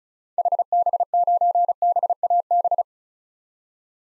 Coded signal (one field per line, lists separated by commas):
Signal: Morse code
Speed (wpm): 36 wpm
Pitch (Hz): 700 Hz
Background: none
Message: HB9BAB